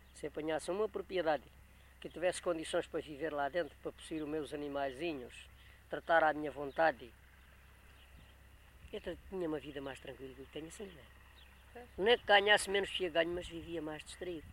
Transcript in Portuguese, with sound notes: Se eu apanhasse uma propriedade, que eu tivesse condições para viver lá dentro, para possuir os meus animaizinhos, tratar à minha vontade, [pausa] eu trat- tinha uma vida mais tranquila do que tenho assim, não é?
Pois.
Nem que ganhasse menos do que eu ganho, mas vivia mais distraído.